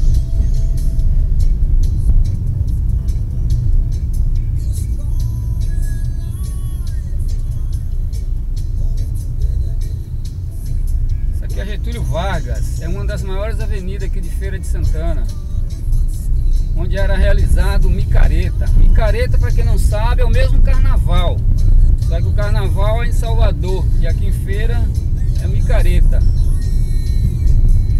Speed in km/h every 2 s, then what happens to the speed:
33, 33, 27, 25, 24, 25, 29, 29, 27, 28, 31, 33, 33, 36.
0-9 slows to 24. 9-17 steady at about 27. 17-28 speeds up to 36.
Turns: none.